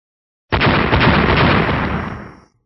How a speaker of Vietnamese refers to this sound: Một đoàn bạch quang sáng tỏ đột nhiên hiện ra ở phía trước đám người nam tử nho nhã như ánh mặt trời, rồi ầm ầm nổ tung, vô số tia sáng bắn ra, lập tức như nuốt sống cả đám.